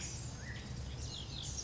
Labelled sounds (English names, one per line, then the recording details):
Blue-gray Gnatcatcher
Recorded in Sonoma County, California